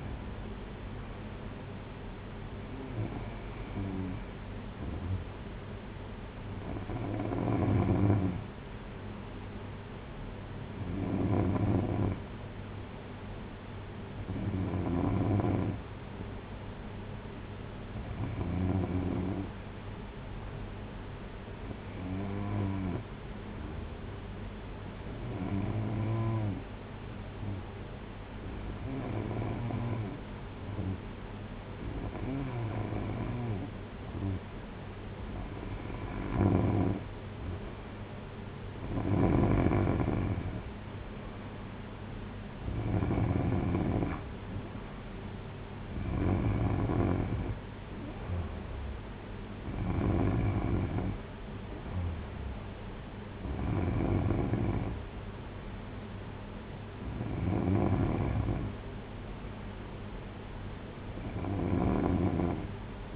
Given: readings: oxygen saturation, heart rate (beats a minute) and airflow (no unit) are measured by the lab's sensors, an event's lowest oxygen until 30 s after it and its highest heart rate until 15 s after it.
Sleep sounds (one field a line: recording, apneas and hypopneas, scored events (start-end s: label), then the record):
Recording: breathing in sleep by a voice recorder at the bedside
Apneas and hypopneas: 1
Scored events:
13.00-36.40 s: hypopnea (N3, oxygen 94% highest, then 91% lowest)
From the record:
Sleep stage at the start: N3 (deep sleep)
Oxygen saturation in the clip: 91 to 94%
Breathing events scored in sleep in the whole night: 226 in 8.8 hours asleep